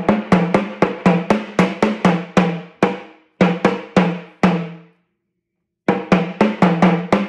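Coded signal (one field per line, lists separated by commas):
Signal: talking drum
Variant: Yoruba sakara drum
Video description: Playing "Aṣiri Wa Tẹ Nfẹju Toto Mọ" with the Yoruba Orunsha Sakara talking drum by Jammal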